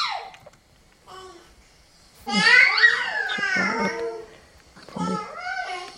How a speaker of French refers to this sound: Ça, c'est un bébé de 5 mois qui fait un peu tous ces trucs d'exploration. Il est tout seul. Donc ça, c'est vraiment typique de cet âge-là. Pas de babillage encore.